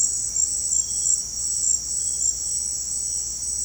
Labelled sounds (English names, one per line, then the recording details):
none
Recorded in pastures near Puerto Asís, Putumayo, Colombia, on 13 March 2025 at 18:00
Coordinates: 0.502, -76.324
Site GP07